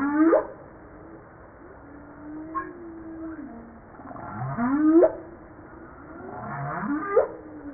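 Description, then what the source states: Humpback whale song with low moaning tones that swoop and slide, a long wavering hum in the middle, and rising whoops near the end. Recorded 5 March 1994.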